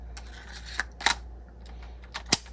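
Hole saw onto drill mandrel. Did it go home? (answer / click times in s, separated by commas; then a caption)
yes / 2.3 s. A metal hole saw is pushed onto the quick-change mandrel already chucked in the drill until it locks in place. Several small metallic taps and clatters come first, at about 0.2, 0.8, 1.1 and 2.2 seconds, over a steady low hum. A sharp, bright click at 2.3 seconds marks the hole saw seating firmly on the mandrel, and it is meant to be checked with a tug.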